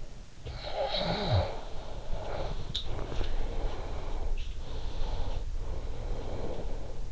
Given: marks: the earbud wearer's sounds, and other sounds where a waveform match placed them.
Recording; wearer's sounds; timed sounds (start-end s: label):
sounds in sleep by an in-ear microphone; snoring breath, breath
0.43-4.38 s: snoring breath
2.59-3.04 s: sound from someone else or the room
4.53-7.12 s: breath